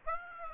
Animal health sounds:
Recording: mosquito wingbeat signal from an infrared sensor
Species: Aedes aegypti

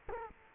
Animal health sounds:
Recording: mosquito wingbeat signal from an infrared sensor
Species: Culex quinquefasciatus

